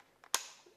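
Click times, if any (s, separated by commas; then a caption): 0.3 s. The rear clip of a 3D-printed plastic carrying case for a small Mavic Mini drone is hooked and pressed shut. A faint tick comes at 0.2 s, then a sharp, bright snap at 0.4 s that fades quickly. The clip is seated and the case snaps closed.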